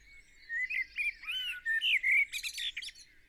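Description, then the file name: A single Eurasian blackbird phrase: a run of rich whistled, slurred notes followed by a burst of high, scratchy twittering. "Turdus merula"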